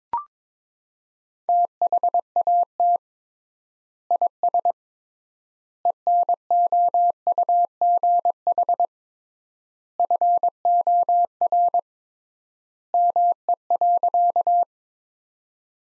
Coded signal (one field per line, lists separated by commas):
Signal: Morse code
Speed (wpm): 22 wpm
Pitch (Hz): 700 Hz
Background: none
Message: THAT IS ENOUGH FOR ME.